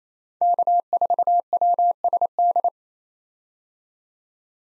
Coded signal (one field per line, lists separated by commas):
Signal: Morse code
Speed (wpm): 28 wpm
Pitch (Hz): 700 Hz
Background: none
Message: K4WSD